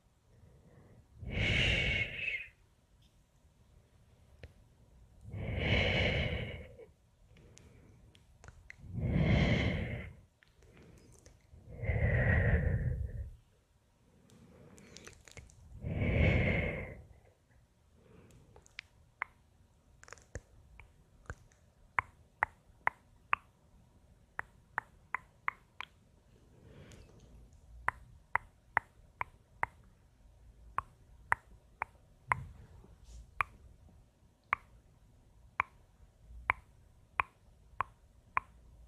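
Five long, hissy shushes come at steady intervals in the first seventeen seconds, then quick, sharp tongue clicks patter irregularly until the end.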